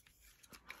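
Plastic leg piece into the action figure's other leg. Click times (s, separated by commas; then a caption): 0.7 s. A plastic leg piece is pushed all the way into the other leg of a Transformers Legacy Evolution Metalhawk action figure. Light plastic rubbing and scraping leads up to a sharp click at 0.7 s as the piece seats in place.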